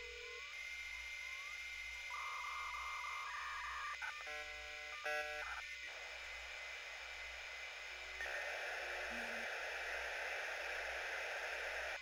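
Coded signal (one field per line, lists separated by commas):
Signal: dial-up modem handshake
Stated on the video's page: Dial-up modem connection in the game My Summer Car, with the in-game PC downloading at 4,800 baud.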